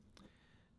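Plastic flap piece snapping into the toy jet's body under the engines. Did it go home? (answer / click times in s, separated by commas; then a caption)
yes / 0.2 s. During jet-mode transformation of a plastic Studio Series 59 Shatter toy robot, the flap piece sitting under the engines is pressed into the jet's body. A single sharp click sounds at 0.2 s over a quiet background as the panel snaps into place and seats.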